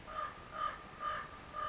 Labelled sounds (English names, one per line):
Common Raven